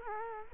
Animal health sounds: mosquito wingbeat signal from an infrared sensor; Culex quinquefasciatus

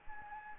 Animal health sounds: mosquito wingbeat signal from an infrared sensor; Anopheles gambiae

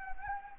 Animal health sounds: mosquito wingbeat signal from an infrared sensor; Anopheles gambiae

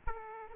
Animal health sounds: mosquito wingbeat signal from an infrared sensor; Aedes aegypti

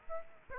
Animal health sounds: mosquito wingbeat signal from an infrared sensor; Aedes aegypti

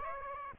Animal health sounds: mosquito wingbeat signal from an infrared sensor; Aedes aegypti

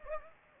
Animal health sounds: mosquito wingbeat signal from an infrared sensor; Anopheles gambiae

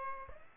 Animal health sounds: mosquito wingbeat signal from an infrared sensor; Aedes aegypti

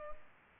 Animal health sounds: mosquito wingbeat signal from an infrared sensor; Culex pipiens

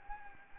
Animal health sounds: mosquito wingbeat signal from an infrared sensor; Anopheles gambiae

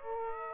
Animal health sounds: mosquito wingbeat signal from an infrared sensor; Aedes aegypti

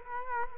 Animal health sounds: mosquito wingbeat signal from an infrared sensor; Culex quinquefasciatus

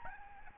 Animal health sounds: mosquito wingbeat signal from an infrared sensor; Aedes albopictus

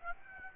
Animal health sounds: mosquito wingbeat signal from an infrared sensor; Aedes aegypti

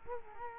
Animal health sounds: mosquito wingbeat signal from an infrared sensor; Culex quinquefasciatus

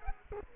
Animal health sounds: mosquito wingbeat signal from an infrared sensor; Culex quinquefasciatus

